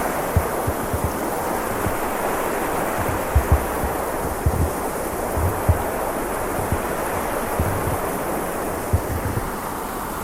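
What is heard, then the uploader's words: A river rushes in a steady, dense roar while wind gusts and soft low thumps of footsteps in snow come and go throughout. This is a recording of a walk along a snowy river. You can hear the crunch of snow under your feet, the sound of the river, and the sound of the wind blowing.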